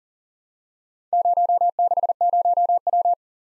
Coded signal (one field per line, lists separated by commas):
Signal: Morse code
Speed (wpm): 38 wpm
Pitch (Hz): 700 Hz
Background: none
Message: 060W